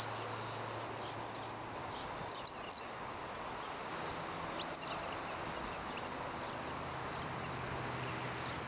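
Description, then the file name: Western yellow wagtail calls, thin high notes given singly or in pairs every second or two over a steady background hiss. "sarga billegeto hangja"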